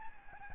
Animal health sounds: mosquito wingbeat signal from an infrared sensor; Aedes albopictus

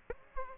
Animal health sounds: mosquito wingbeat signal from an infrared sensor; Aedes aegypti

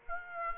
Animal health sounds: mosquito wingbeat signal from an infrared sensor; Aedes aegypti

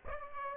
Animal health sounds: mosquito wingbeat signal from an infrared sensor; Aedes aegypti

